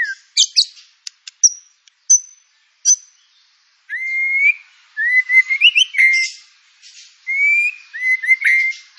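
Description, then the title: White-rumped shama giving a few sparse high chips, then a sequence of clear rising whistled phrases repeated with short gaps. Lure song (pancingan) of white-rumped shama with full filler (isian) material. "PANCINGAN MURAI BATU. MURAI BATU FULL MATERI ISIAN"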